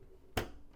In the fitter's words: Always remember you got to hear that good that good click sound.